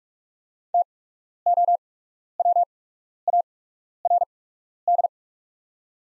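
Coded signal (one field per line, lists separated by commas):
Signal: Morse code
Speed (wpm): 46 wpm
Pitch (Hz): 700 Hz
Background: none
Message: TOWARD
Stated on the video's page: Practice set of top 500 words at 45 wpm with 8x character spacing, Farnsworth timing for learners.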